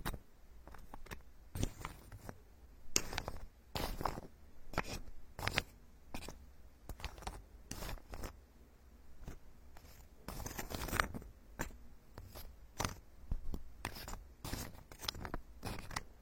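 Ear picking and ear massage sounds: a run of short, crisp scratching and rustling strokes, irregular but frequent, several each second at times. Each stroke is bright and sharp, with a soft low rumble between them and a faint steady hiss throughout.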